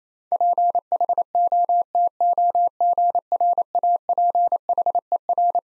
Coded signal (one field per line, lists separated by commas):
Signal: Morse code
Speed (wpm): 28 wpm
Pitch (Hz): 700 Hz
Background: none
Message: PHOTOGRAPHER